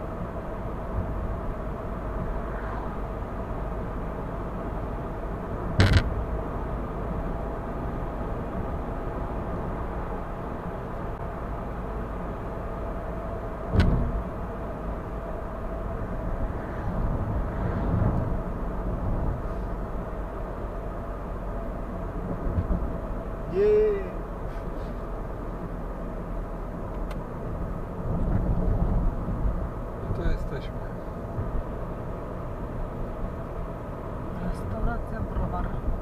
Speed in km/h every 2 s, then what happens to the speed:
71, 71, 73, 74, 77, 76, 73, 71, 68, 66, 64, 61, 59, 57, 57, 57, 57, 57.
0-9 speeds up to 77. 9-26 slows to 57. 26-36 steady at about 57.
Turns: none.